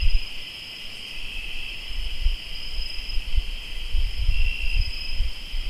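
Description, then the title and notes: Cricket: steady high trilling over strong, uneven low rumbling that swells toward the end. Crickets recorded in Tlayacapan, Morelos. "Sonidos de grillos en Tlayacapan - Morelos"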